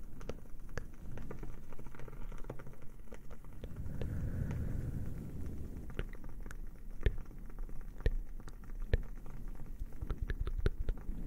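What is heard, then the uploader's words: A fire crackles over a steady low roar. Sharp pops and snaps come irregularly throughout, some bright and louder, especially around seven to nine seconds, while the deep rumbling underneath swells briefly near the four-to-five-second mark. Cozy fire sounds, crackling candle.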